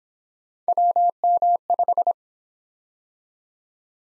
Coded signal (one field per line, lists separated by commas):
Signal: Morse code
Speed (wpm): 26 wpm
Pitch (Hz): 700 Hz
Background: none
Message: WM5